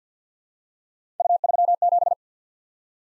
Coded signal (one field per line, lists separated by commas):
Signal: Morse code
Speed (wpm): 49 wpm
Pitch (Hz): 700 Hz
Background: none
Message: U37